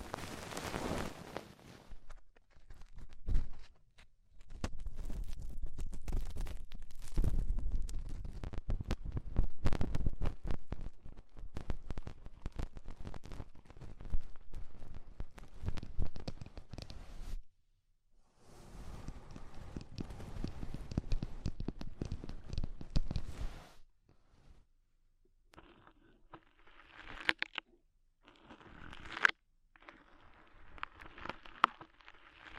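Ear cleaning with rhinestones and clay being removed: dense crackling, scratching and rubbing fill the first seventeen seconds, pause briefly, then return until about 23 seconds. After a short silence, sparser taps and clicks follow over a faint steady hum.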